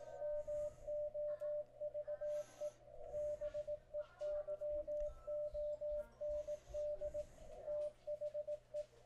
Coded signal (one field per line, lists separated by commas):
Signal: Morse code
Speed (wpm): 18 wpm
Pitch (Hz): 600 Hz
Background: radio noise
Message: MOVE BEYOND THE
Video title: Icom IC-7300 MK2 Unboxing, Setup & CW Decode Demo | Sponsored by GigaParts